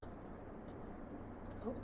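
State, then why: Not seated. The sliding bolt latch of a Mini convertible wind deflector is handled at its mount, where it is pushed in and its handle turned down to lock the deflector to the car. A steady, low rumbling background runs throughout with a few faint, soft handling sounds and no clear hit. Nothing has seated or clicked yet.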